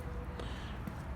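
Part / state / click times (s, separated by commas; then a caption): car door lock latch in the door frame striker / not seated / none. The door of a 2015 Jaguar XJ is pushed shut against the door frame striker, but its door lock latch will not catch, apparently because the spring in the latch seemed broken. Only a faint knock is heard at about 0.4 s over a low background, and nothing has latched or clicked.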